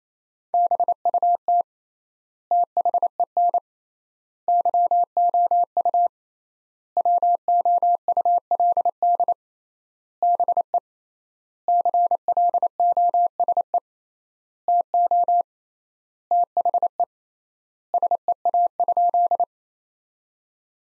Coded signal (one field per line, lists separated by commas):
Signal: Morse code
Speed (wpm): 28 wpm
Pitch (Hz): 700 Hz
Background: none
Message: BUT THEN YOU WOULD BE CLOSE TO THE SEA?